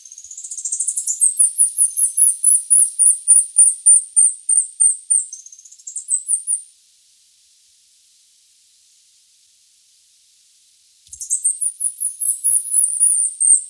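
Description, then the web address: Speckled Hummingbird calling in runs of rapid, very high-pitched squeaky notes, then a pause of several seconds before the series resumes. Recorded in Ecuador. "Natures Songs S America Birds of Ecuador. Speckled Hummingbird"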